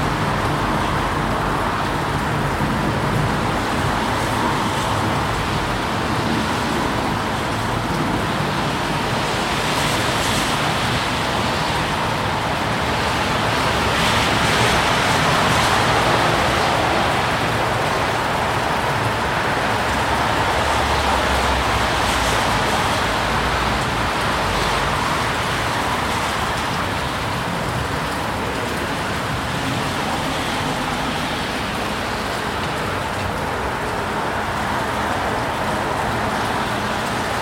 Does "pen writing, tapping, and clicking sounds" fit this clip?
no